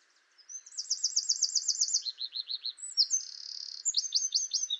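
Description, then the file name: Eurasian wren delivering a rapid, high-pitched song of rolling trills, falling chips and a buzzy stretch, over a soft steady background hum. "Troglodytes troglodytes"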